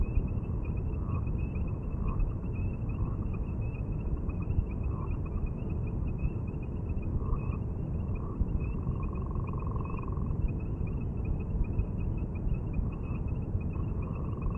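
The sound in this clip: Gopher frog giving repeated short snoring calls and a longer snore around nine to ten seconds, over a constant high trill.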